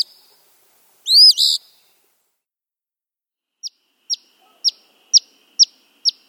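Eastern phoebe gives one buzzy rising-and-falling phrase, then after a pause a string of six crisp, high chip notes spaced about half a second apart.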